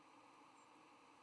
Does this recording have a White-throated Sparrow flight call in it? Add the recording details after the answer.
no. Another species' flight call is heard. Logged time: 09:40 on 12 November 2014